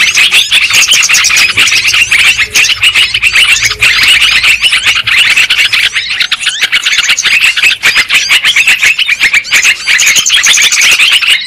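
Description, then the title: Lovebird flock chatter: rapid, overlapping shrill squeaks and chirps running continuously, loud and busy from start to finish. Lure sound used for trapping lovebirds. "PIKAT BURUNG LOVEBIRD"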